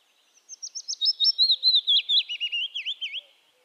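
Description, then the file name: Willow warbler delivering one fluid song phrase of rapid whistled notes, starting high and thin, then cascading down and ending in slurred notes. Subspecies acredula. "Phylloscopus trochilus acredula"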